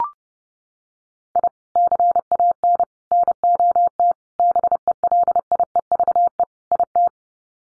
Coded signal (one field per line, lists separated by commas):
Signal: Morse code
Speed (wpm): 30 wpm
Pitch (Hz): 700 Hz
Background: none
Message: I CAN NOT BELIEVE IT